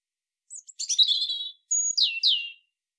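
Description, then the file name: European robin song phrase with a thin high whistle, a rich warbling passage, then a high whistle and two sharp downslurred notes. "Erithacus rubecula"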